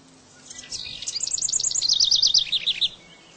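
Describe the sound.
House wren song, a fast cascading trill of high looping notes that gains strength midway and trails off in a few chattery notes.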